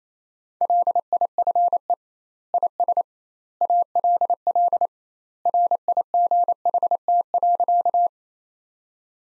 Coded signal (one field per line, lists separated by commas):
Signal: Morse code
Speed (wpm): 28 wpm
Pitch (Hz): 700 Hz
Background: none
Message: LIFE IS ALL RIGHT.